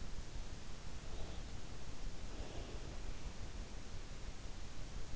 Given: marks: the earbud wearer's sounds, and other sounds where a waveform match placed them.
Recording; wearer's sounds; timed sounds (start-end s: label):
sounds in sleep by an in-ear microphone; breath
1.10-3.45 s: breath